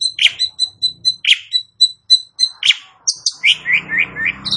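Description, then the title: Asian pied starling song: repeated clicking rattles broken by harsh squawky notes, then slurred whistles over faint low background noise. "Bunyi Jalak Suren"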